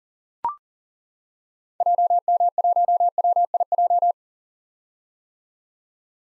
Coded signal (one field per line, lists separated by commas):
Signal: Morse code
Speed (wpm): 40 wpm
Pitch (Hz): 700 Hz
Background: none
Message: JM1WIJ